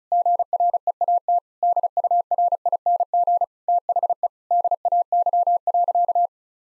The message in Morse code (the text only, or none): GREAT DURING THE DAY.